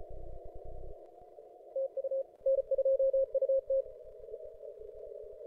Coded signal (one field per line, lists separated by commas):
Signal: Morse code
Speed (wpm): 32 wpm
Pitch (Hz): 530 Hz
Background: none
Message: TU N2UT